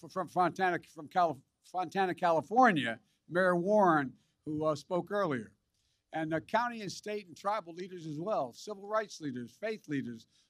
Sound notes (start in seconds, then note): none